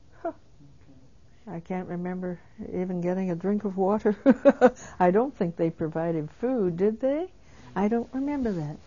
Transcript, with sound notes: Okay.
I can't remember even getting a drink of water. [she laughs] I don't think they provided food, did they? I don't remember that.